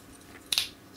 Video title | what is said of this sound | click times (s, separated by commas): Eucep's Opinion: Heavythread with Groundspike | they click into place | 0.5 s, 0.6 s